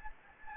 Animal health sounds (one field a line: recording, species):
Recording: mosquito wingbeat signal from an infrared sensor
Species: Anopheles gambiae